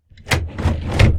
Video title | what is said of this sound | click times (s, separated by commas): UNBOXING the Lionel North Pole Central Rail train set #2 | definitely easy to put together it just snaps right in | 1.0 s